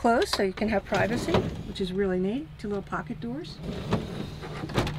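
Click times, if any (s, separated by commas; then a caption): 4.7 s. Someone talks while small pocket doors inside a vintage Airstream Excella 500 travel trailer are slid closed for privacy. A sharp snap at 4.7 s marks a pocket door seating into its closed catch, where it is held shut so it stays closed while travelling.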